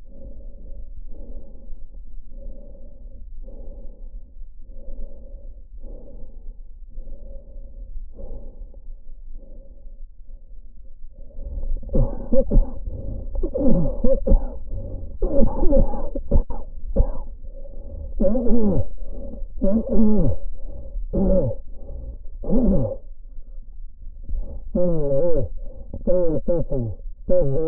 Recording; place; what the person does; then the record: lung sounds by stethoscope; trachea; quiet breathing, then cough and speech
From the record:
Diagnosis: COPD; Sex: male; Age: 75 years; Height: 182 cm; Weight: 98 kg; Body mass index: 29.6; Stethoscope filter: diaphragm mode